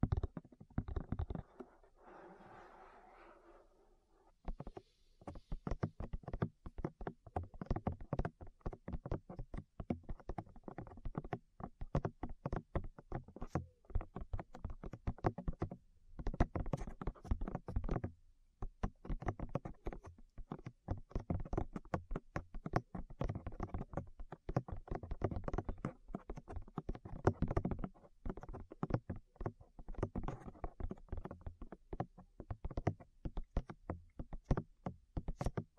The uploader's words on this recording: ASMR Tap Your Ears 3Dio (No Talking).